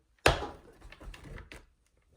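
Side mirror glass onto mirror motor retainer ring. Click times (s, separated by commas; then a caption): 0.3 s. The side mirror glass of a 2006–2010 Ford Explorer is pushed firmly onto the mirror motor retainer ring, each side in turn, so its plastic clips engage the retainer. A sharp snap at 0.3 s is followed by a stretch of faint rustling handling, two softer ticks near 1.1 and 1.5 s, and a faint tap at the end. The glass is seated, with the clips locked in on each side.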